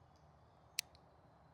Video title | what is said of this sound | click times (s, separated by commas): Novritsch Sent Me A Package! - SSP28 Unboxing and First Look | This does come with a fun mode and a single shot mode and it clicks into place nicely. | 0.8 s